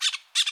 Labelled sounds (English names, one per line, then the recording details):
Brown-throated Parakeet contact call
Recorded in Bonaire
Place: just S of turnoff to Cai, near Lac Bay
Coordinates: 12.126, -68.239